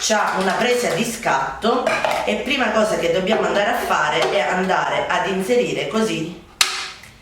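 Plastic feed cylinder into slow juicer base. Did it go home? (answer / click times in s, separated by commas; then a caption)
yes / 6.6 s. A plastic feed cylinder is pushed into the base of a Calmdo E3C slow juicer while someone talks, and it seats with a single sharp, loud click at 6.6 s. The click cuts through the speech, then the sound fades out.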